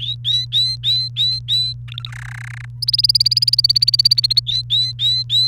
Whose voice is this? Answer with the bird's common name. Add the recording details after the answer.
Domestic Canary. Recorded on 29 April 2018 at 15:10. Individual llb3